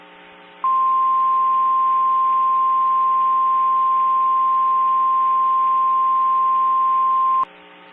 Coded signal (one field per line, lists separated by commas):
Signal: Emergency Alert System (SAME) tones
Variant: 1050 Hz attention tone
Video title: Merry Christmas! (EAS Scenario)